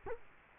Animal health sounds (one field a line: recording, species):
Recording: mosquito wingbeat signal from an infrared sensor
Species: Culex quinquefasciatus